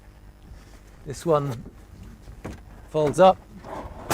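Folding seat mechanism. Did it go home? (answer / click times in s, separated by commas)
no / none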